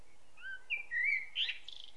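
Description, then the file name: Common blackbird song phrase: mellow, fluted whistles sliding up and down, closing with a brief scratchy high twitter. "Turdus merula"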